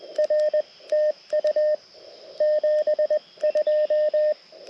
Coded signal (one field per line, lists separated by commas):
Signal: Morse code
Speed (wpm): 20 wpm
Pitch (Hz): 590 Hz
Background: radio noise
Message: R TU 72